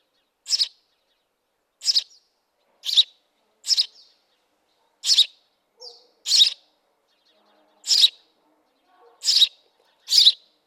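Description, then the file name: House sparrow chirping: about nine loud, harsh chirps in an uneven series roughly once a second, with a few softer notes between them. "Passer domesticus"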